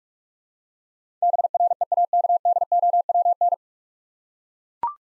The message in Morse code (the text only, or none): BREAKDOWN